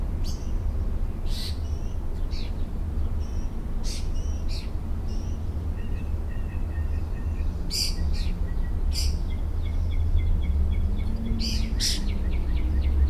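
Mockingbird song: varied phrases, sharp rasping strokes, soft whistles and fast repeated chip series, switching from one figure to the next over a low rumble.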